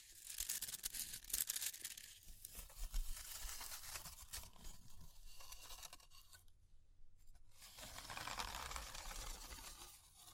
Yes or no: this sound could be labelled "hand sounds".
no